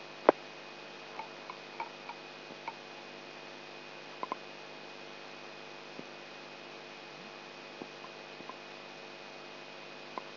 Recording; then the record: brain microelectrode recording played as sound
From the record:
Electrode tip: inside the subthalamic nucleus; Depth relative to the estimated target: 0 mm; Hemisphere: right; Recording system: AlphaMap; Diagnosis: Parkinson's disease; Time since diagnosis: 8 years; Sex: male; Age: 59 years